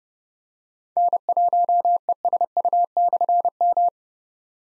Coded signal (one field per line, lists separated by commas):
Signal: Morse code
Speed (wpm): 30 wpm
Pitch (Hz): 700 Hz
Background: none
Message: N1ESU/M